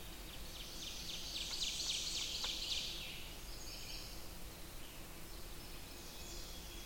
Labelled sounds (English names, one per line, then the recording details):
Ovenbird song
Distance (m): 60 m
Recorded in boreal forest in Alberta, Canada, on 20 June 2016 at 06:13
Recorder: SongMeter 3, array SBT-6-81
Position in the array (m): 82 m, 99 m
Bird 23